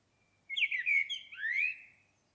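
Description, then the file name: Common blackbird giving a single short warbling song phrase against a quiet background. "Turdus merula"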